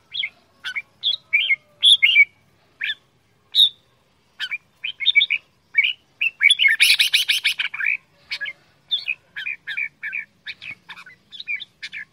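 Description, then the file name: Red-whiskered bulbul giving rapid whistled phrases in a steady run, interrupted by a dense buzzy chattering burst around the middle. Quảng Ngãi, Vietnam; 'che dao' singing style, described as frantic. "tieng chao mao quang ngai che dao giong dien cuong"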